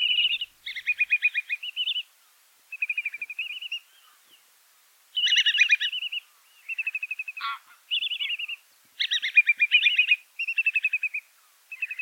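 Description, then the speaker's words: Whimbrel calls: rapid series of clear piping notes, repeated in several bursts with short pauses. Series of piping notes, very different from the curlew's call; often heard from birds flying by on spring and autumn passage; formerly known as Maybird. "Yeah, when I'm out in the spring or in the autumn and I hear that series of those piping notes, I know, oh, whimbrel flying by."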